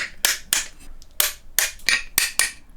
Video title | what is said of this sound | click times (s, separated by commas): Building a $1500 Chinese Carbon Road Bike // Full Build Process - PT1 | these bolts are all tightened up to eight newton meters giving us three satisfying clicks | 0.2 s, 1.6 s, 2.2 s